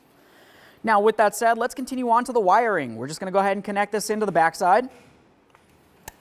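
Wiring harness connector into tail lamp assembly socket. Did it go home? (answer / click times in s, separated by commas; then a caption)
yes / 6.1 s. On a 2005–2010 Chevrolet Cobalt, the wiring harness plug is pushed into the socket on the back of the tail lamp assembly while someone talks. After the talking stops, a faint tap is heard, then a sharp click at 6.1 seconds as the connector seats.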